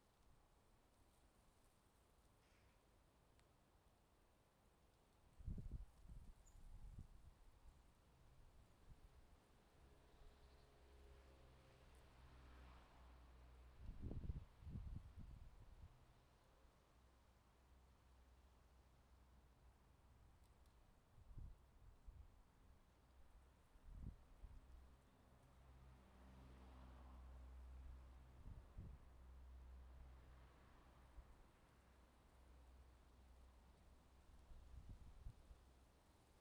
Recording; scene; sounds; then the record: everyday scene through a hearing-aid microphone; wind on the microphone; wind, traffic, birds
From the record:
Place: suburban garden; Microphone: in the ear canal, left